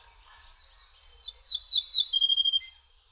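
Ortolan bunting song: a short series of ringing high notes repeated quickly for about a second, ending in a lower note.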